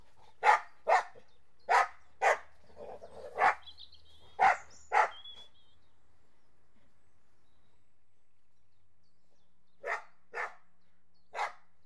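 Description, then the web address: Dogs barking in a brisk series of sharp yelps, then several seconds of quiet before three more barks. Border Collies and Labradors playing. "BBC Sound Effects Library Horses Dogs Border Collies And Labs Playing"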